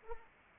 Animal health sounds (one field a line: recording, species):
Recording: mosquito wingbeat signal from an infrared sensor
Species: Anopheles arabiensis